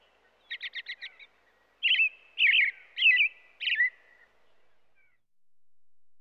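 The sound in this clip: American Robin song: a burst of about five quick high chips, then four short slurred whistled phrases that rise and fall, with a quiet background.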